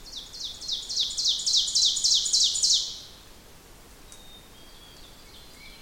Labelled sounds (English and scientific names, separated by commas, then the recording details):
Ovenbird (Seiurus aurocapilla) song
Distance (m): 20 m
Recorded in boreal forest in Alberta, Canada, on 6 June 2016 at 08:54
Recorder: SongMeter 3, array SBT-3-51
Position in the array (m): 242 m, 149 m
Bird 28